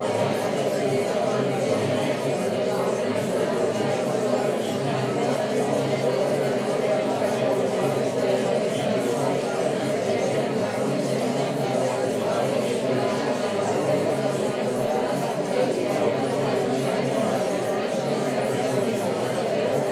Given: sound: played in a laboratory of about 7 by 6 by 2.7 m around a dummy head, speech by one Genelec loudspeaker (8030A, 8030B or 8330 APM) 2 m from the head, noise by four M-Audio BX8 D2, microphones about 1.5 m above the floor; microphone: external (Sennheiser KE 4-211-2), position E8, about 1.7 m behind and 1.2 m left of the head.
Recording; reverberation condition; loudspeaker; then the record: babble noise; medium; four, about 170 cm from the corners of the room and facing them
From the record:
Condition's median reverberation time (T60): about 510 ms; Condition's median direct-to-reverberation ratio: about -0.5 dB